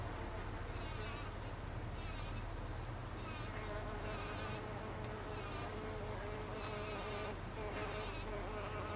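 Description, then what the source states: Bumblebee buzzing, a continuous low hum with a thin tonal whine that swells and fades in short pulses. Recorded 26 August 2012.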